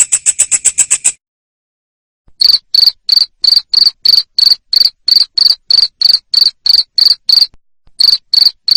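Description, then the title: Cricket chirps: a quick burst of rapid pulses for about a second, a pause, then a steady train of loud chirps around three per second. Loud cricket chirping played to stimulate lovebirds so they keep singing in the 'ngekek' style. "Suara JANGKRIK NGERIK Keras Bikin LOVEBIRD Jadi NGEKEK Terus Vubey"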